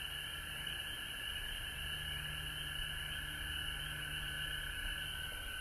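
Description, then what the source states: Frogs trilling together in an unbroken chorus, two bright bands of sound held throughout, with a low droning hum underneath. Recorded at home in Georgia on March 19, 2020.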